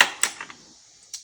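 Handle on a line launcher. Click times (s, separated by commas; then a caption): 0.2 s. A detachable handle is fitted onto the back of a Coble fire line launcher and pops into place with a sharp click at 0.2 s, seating it. Softer taps follow at about 0.4 and 0.5 s, with another faint click near 1.1 s.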